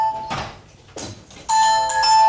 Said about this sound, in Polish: Ktoś dzwoni, odbierzesz?